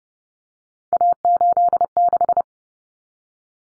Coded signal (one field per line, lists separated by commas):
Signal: Morse code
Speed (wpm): 30 wpm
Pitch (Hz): 700 Hz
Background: none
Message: A86